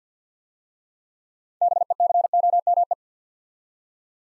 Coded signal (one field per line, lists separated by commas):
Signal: Morse code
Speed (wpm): 53 wpm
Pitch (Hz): 700 Hz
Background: none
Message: BECOME